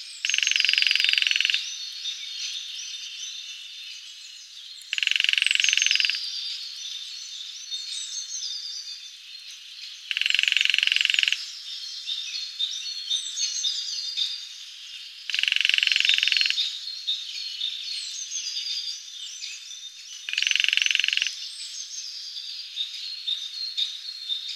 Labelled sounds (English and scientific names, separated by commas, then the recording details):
Lesser Spotted Woodpecker (Dendrocopos minor) drumming
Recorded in the wild
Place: Waltershofen / Freiburg im Breisgau, Baden-Württemberg, DE
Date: 2004-04-30
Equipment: MiniDisc Sharp MT 20 H
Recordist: Schwarz, Dieter